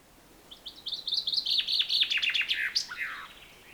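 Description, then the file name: Common chaffinch singing one phrase of quick repeated chips that accelerate and descend, then close with a sharp rising-and-falling terminal flourish. "Fringilla coelebs"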